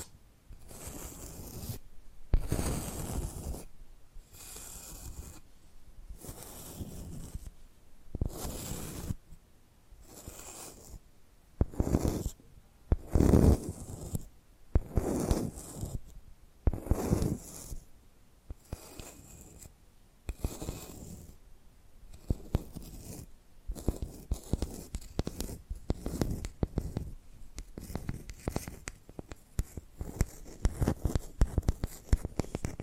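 Tapping and scratching sounds come in short, dense bursts separated by brief silences, with a few louder scrapes around the middle and late.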